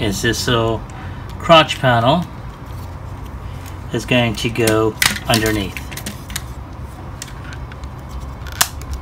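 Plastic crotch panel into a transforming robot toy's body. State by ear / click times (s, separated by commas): seated / 8.6 s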